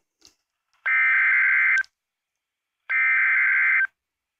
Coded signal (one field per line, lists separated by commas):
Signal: Emergency Alert System (SAME) tones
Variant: header bursts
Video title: EAS 46 - Special Marine Warning Destin FL